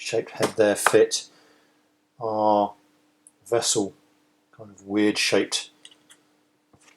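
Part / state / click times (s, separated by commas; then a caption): screwdriver bit into insulated torque screwdriver holder / seated / 5.8 s. An odd-shaped screwdriver bit is pushed into the holder of a Laser Tools insulated torque screwdriver while someone talks. A sharp click at 5.8 s marks the bit locking in place, followed by a few faint taps. It goes in with no problems and stays locked.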